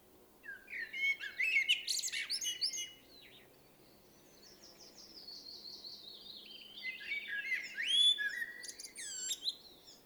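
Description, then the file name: Common blackbird pouring out two bursts of fluted warbling with squeaky high endings, separated by a stretch of soft high chirping. "Turdus merula"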